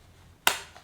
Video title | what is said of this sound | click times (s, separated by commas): Flosstube #57 - Witchy Stitcher and Cats | if you can hear the snap yes there are needle wers yes they are from Ginger to J you I will show them last | 0.5 s